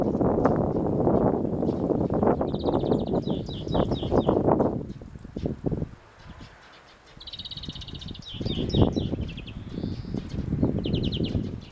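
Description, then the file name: European Greenfinch calls: buzzy rapid trills and short chatters repeating in bursts, partly masked by loud low rustling noise. "Chloris chloris"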